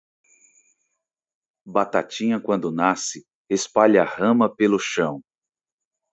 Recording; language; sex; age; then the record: short text; Brazilian Portuguese; male; 30 to 39 years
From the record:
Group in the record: control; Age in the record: 37 years